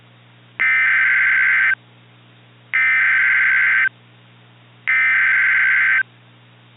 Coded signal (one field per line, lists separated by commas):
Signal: Emergency Alert System (SAME) tones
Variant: header bursts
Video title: IGNITION - WILDFIRE EAS SCENARIO